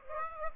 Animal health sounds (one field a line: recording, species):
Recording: mosquito wingbeat signal from an infrared sensor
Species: Aedes aegypti